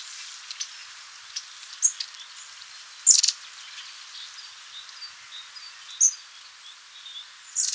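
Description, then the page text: Long-tailed tit calls: thin, very high chirps given singly every second or few seconds, with a clearer pair of notes near the middle and a steady faint hiss behind. "Long-Tailed Tit Calls. Quick Sounds"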